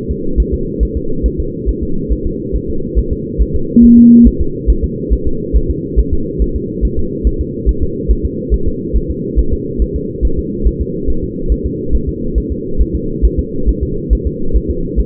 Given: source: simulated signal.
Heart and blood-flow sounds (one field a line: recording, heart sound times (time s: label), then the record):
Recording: fetal heart sounds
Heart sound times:
0.11 s: S2
0.40 s: S1
0.54 s: S2
0.83 s: S1
0.97 s: S2
1.26 s: S1
1.40 s: S2
1.69 s: S1
1.83 s: S2
2.12 s: S1
2.26 s: S2
2.56 s: S1
2.70 s: S2
2.99 s: S1
3.13 s: S2
3.41 s: S1
3.55 s: S2
3.84 s: S1
3.98 s: S2
4.27 s: S1
4.41 s: S2
4.70 s: S1
4.84 s: S2
5.13 s: S1
5.27 s: S2
5.56 s: S1
5.70 s: S2
5.99 s: S1
6.13 s: S2
6.42 s: S1
6.56 s: S2
6.85 s: S1
6.99 s: S2
7.27 s: S1
7.41 s: S2
7.69 s: S1
7.83 s: S2
8.11 s: S1
8.25 s: S2
8.54 s: S1
8.68 s: S2
8.96 s: S1
9.11 s: S2
9.39 s: S1
9.53 s: S2
9.82 s: S1
9.96 s: S2
10.25 s: S1
10.39 s: S2
10.67 s: S1
10.81 s: S2
11.10 s: S1
11.24 s: S2
11.52 s: S1
11.66 s: S2
11.95 s: S1
12.09 s: S2
12.38 s: S1
12.52 s: S2
12.81 s: S1
12.95 s: S2
13.25 s: S1
13.39 s: S2
13.69 s: S1
13.83 s: S2
14.13 s: S1
14.27 s: S2
14.56 s: S1
14.70 s: S2
15.00 s: S1
From the record:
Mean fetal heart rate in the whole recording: 140 bpm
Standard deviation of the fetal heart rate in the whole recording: 2 bpm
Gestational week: 34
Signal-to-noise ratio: -8.1 dB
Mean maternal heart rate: 72 bpm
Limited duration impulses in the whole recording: present